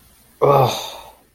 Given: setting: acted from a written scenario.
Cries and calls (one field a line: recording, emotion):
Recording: vocal sound without words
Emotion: anger